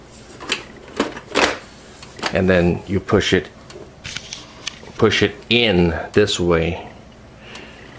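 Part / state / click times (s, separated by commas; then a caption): drive into desktop PC drive cage / not seated / none. A drive is lined up with the cuts in the drive cage of an HP Elite 8300 Small Form Factor desktop case and pushed in while someone talks. Short knocks and taps from handling the drive are heard between the words. Nothing has seated or clicked yet; the drive is not yet home in the cage.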